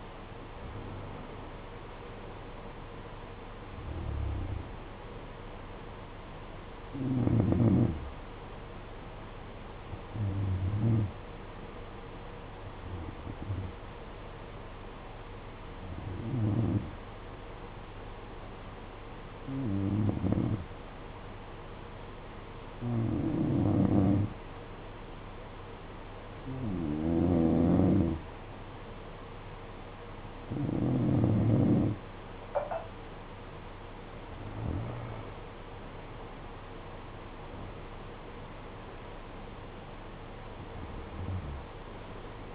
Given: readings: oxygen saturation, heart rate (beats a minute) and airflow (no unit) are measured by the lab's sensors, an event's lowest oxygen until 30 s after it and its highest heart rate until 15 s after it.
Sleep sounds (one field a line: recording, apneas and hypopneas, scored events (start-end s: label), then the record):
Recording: breathing in sleep by a voice recorder at the bedside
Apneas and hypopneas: 1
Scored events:
12.00-29.90 s: hypopnea (N2, oxygen 94% highest, then 91% lowest, heart rate 55 at the start, 64 highest)
From the record:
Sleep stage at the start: N2 (light sleep)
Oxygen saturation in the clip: 92 to 94%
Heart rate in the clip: 55 to 64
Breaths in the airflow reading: 13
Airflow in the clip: -11.7 to 10.3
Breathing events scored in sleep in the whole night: 476 in 9.7 hours asleep